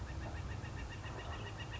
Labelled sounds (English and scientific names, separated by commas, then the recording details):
Northern Flicker (Colaptes auratus)
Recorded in Sonoma County, California